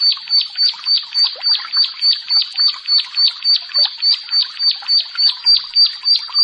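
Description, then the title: Bar-winged prinia song: a steady run of bright, high chirps repeated about three times a second, evenly spaced throughout, with no other clear sounds. "Ciblek Sawah"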